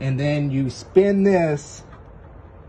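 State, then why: Not seated. During a rebuild of a 4L60E automatic transmission, an internal component is being spun into the transmission case while someone talks for about the first 1.6 seconds, followed by quiet low background noise. Nothing has seated or clicked yet.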